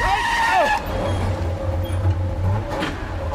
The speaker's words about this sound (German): Das Auto war im letzten Moment ausgewichen.